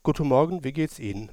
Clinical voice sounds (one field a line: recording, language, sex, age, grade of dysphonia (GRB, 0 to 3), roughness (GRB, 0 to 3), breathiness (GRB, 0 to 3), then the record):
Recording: spoken sentence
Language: German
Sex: male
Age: 50 to 59 years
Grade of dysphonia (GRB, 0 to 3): 1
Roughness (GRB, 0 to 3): 1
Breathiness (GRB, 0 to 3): 0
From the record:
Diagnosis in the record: recurrent laryngeal nerve paralysis, dysphonia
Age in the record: 51 years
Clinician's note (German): Alte kompensierte Rec. Par. und funktionelle Dysphonie mit eher hypotonem Schwingungsbild